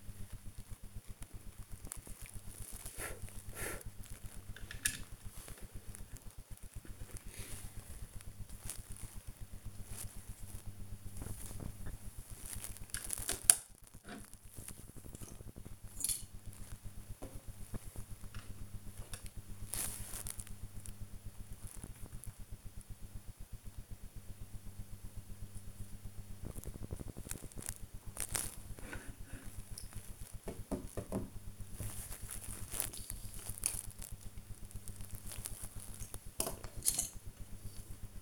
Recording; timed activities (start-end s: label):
household activities, microphone on the right wrist
0.00-38.22 s: building with lego